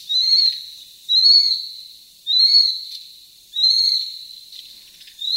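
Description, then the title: Ural Owl young giving harsh, hissing high calls, each fading away, repeated roughly every 1.2 seconds. Juvenile owl. "朝の小鳥. フクロウの幼鳥"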